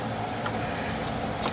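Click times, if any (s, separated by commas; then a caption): none. The fan shroud of a 2006 Nissan Murano is slid up over the small plastic retaining clips on the radiator, with steady handling noise and a brief louder bump around 0.5 s. The clip ends just before the shroud snaps into place, so nothing has seated or clicked yet.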